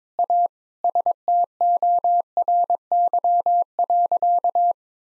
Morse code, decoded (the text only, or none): A STORY.